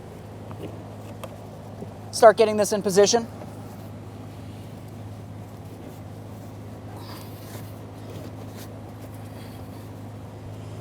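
The rear seat bottom cushion of a 2014-2018 Mazda 3 is moved into position on the vehicle floor, before its rear hook is flexed over the body latch. Someone talks briefly around 2.2–3.2 s, with two faint short ticks near 0.5 s and 1.2 s over a steady low hum. Nothing has clicked or latched yet in this stretch.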